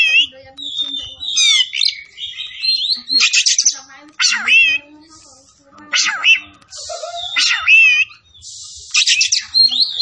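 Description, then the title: Oriental magpie-robin song, energetic sequence of sweet whistles, trills and scratchy buzzy notes, phrases changing constantly over ten seconds. From Tretes, singing vigorously (gacor). "Kacer Tretes"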